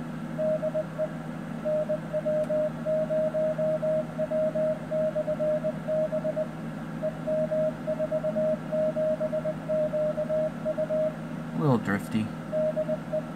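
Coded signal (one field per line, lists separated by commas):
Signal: Morse code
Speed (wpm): 20 wpm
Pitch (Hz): 620 Hz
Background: speech, radio noise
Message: DE NW0W/B EM47QU DE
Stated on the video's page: Morse signal generated by an Etherkit Si5351a doing up-conversion.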